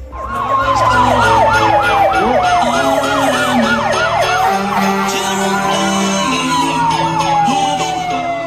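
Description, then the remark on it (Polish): An American fire truck bringing Santa Claus and elves to sick children at the pediatric ward of the Polish Mother's Memorial Hospital Research Institute in Łódź, Poland, blares its siren loudly. The siren rapidly rises and falls in a steady yelping pattern before easing into slower wailing sweeps, with a low engine rumble underneath. “Amerykańskim wozem strażackim do chorych dzieci przyjechał Święty Mikołaj wraz z elfami.”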